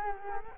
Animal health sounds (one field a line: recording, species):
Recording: mosquito wingbeat signal from an infrared sensor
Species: Culex quinquefasciatus